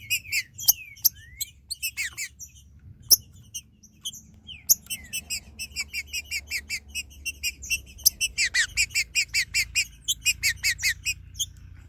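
Green-winged saltator calling with scattered sharp notes and slurred whistles, then a rapid, steady series of bright chirps, over a low background rumble.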